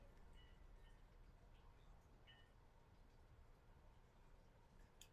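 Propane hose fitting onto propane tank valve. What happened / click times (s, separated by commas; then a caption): The threaded gas fitting seated on the valve with a small click / 5.0 s. A threaded propane hose fitting is screwed by hand onto a propane tank valve over low background noise, with faint tonal chirps early on. A small, sharp click sounds at 5.0 s as the tank valve opens, and the fitting is seated well.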